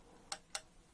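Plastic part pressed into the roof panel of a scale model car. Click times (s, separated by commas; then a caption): 0.3 s, 0.5 s. A plastic model part is pressed into the roof panel of a Hachette Batmobile Tumbler scale model car, beside the windshield motor. Two sharp, bright clicks sound at 0.3 s and 0.6 s over a quiet background, and the part snaps into place and is confirmed engaged.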